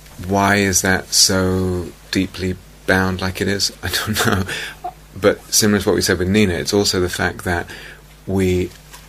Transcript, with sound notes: why is that so deeply bound like it is? I don't know! [laughs] But similar to what we said with Nina, it's also the fact that we're